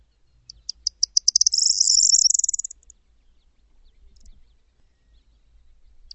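Bird call: high, thin notes quickly accelerating into a dense buzzy trill lasting around a second, then breaking off, followed by quiet and one last short note near the end.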